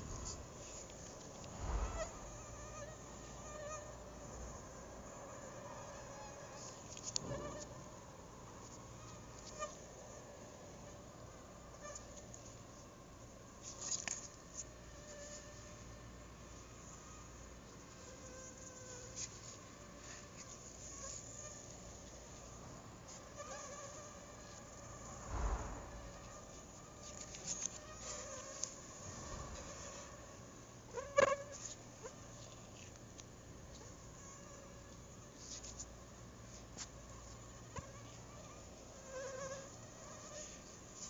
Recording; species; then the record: mosquito flight sound by mobile phone; Anopheles gambiae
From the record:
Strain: RSP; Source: CDC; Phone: Google Nexus